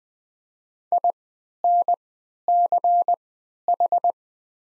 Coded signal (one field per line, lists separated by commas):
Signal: Morse code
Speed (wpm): 20 wpm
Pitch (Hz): 700 Hz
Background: none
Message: INCH